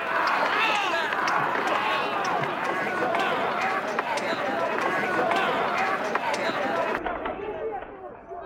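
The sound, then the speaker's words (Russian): A dense crowd of people fighting with swords shouts and scuffles in a steady roar, with sharp metallic clashes of sword blows scattered throughout; the din stays loud before thinning and dulling near the end. “В окне Ромате видит толпу людей, дерущихся на мечах.”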